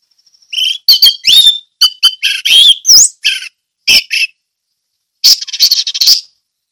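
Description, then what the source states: Orange-headed thrush song made of varied whistles, rising slurs and harsh chattering notes in bursts, with a pause before a final scratchy phrase. Ngeplong song style.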